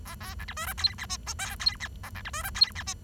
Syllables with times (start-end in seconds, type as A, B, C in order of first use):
0.05-0.15 A, 0.20-0.34 B, 0.39-0.45 C, 0.48-0.53 D, 0.57-0.66 E, 0.67-0.73 F, 0.78-0.95 G, 0.98-1.06 H, 1.09-1.17 I, 1.26-1.33 J, 1.39-1.55 K, 1.60-1.76 G, 1.80-1.88 H, 2.03-2.10 A, 2.15-2.22 C, 2.25-2.30 D, 2.33-2.43 E, 2.43-2.50 F, 2.55-2.71 G, 2.75-2.83 H, 2.87-2.94 I